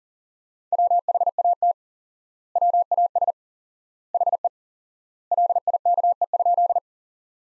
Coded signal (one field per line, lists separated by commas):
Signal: Morse code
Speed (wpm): 37 wpm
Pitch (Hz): 700 Hz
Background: none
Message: WHAT WAS HE LIKE?